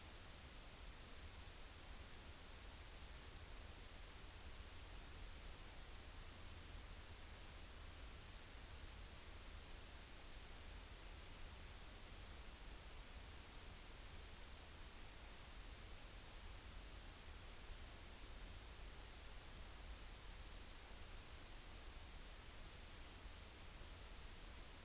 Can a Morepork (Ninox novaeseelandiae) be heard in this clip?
no